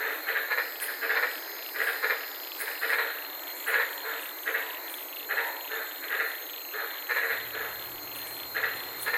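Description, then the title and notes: White-lipped tree frog chorus of short rasping notes in irregular groups; a low steady hum joins near the end, with constant insect hiss. White-lipped frogs at night in the Daintree rainforest, Queensland, heard from inside a car. "White Lipped Frog Podcast. I was sitting in my car in the Daintree rainforest in Queensland this night and fell asleep listening to these amazing White lipped frogs"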